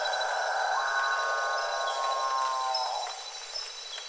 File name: capuchinbird